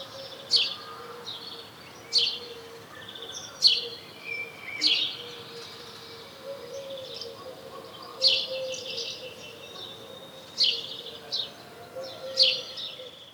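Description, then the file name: House sparrow calls: loud, sharp chirps at irregular intervals, some in quick pairs, with softer chattering notes between and a low background hum. "Passer domesticus"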